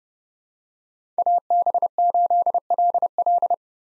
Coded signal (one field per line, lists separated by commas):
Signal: Morse code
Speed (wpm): 32 wpm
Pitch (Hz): 700 Hz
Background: none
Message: AB8LL